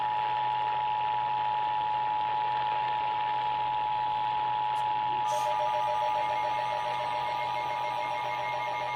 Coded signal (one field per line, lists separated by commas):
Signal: Emergency Alert System (SAME) tones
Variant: 853 and 960 Hz attention tone